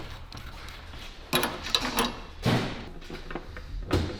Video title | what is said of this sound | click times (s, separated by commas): The Eagle Has Landed! We LS swapped our Gbody rEagle with an LSA Powered Junkyard 5.3! | Oh, got it. There was the click. There it was. Okay. Just, that thing was tight. | 1.7 s